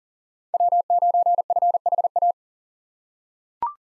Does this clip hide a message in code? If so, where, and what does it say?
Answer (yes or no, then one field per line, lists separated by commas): yes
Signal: Morse code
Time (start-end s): 0.5-2.3 s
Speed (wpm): 40 wpm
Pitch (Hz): 700 Hz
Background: none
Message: W9FHA